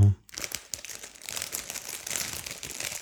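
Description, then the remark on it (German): A plastic bag of already-cracked walnuts crinkles and rustles steadily as it is handled and passed over, a dense, bright crackling texture that continues for a few seconds after a brief low thump at the start. “Gib mal die Tüte rüber.”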